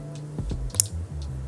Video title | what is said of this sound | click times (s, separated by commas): Streetfighter V4S Gets UPMAP Tune - Upmap Tutorial - Motomillion | And make sure you hear that click once it's on there. | 0.8 s